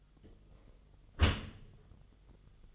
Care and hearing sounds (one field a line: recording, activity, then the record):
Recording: daily activity, microphone in the room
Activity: close dishwasher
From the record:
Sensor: 4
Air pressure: 1005.6 hPa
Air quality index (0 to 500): 113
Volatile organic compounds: 3 ppm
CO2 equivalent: 1417 ppm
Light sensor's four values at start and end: 11/26/10/10 and 11/26/10/10